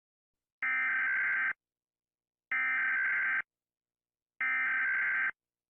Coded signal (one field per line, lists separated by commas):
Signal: Emergency Alert System (SAME) tones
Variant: header bursts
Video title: Rating EAS Alarms (Please read the desc for info about 9/11)